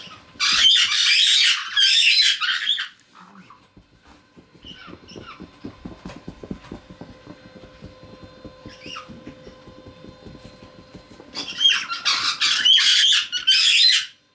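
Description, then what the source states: Caique giving harsh squawks at the start and again near the end, with quiet clicking and rustling in between. Red-headed caique (genus Pionites), described as having become playful.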